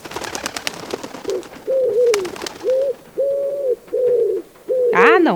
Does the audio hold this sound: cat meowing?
no